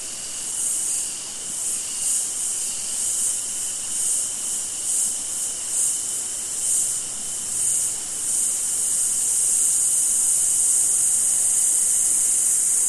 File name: zapsplat nature forest amb summer insects cicada flies australia